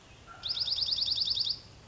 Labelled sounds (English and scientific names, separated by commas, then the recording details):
Dark-eyed Junco (Junco hyemalis)
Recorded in Sonoma County, California